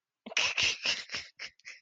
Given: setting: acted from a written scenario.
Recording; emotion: vocal sound without words; amusement